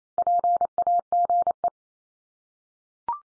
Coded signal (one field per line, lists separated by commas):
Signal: Morse code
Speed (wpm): 28 wpm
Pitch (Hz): 700 Hz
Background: none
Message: PAGE